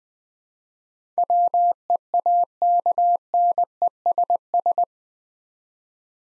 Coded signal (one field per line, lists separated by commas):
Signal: Morse code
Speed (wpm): 20 wpm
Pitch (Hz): 700 Hz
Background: none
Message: WEAKNESS